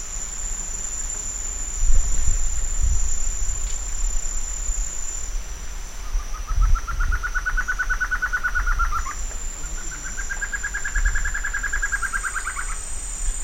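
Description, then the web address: Bird giving two rapid pulsed trills, each about three seconds, slightly rising then dropping at the end, over a steady high insect whine and low rumble. "BIRD 2015 SABIOD 50 bird 2015"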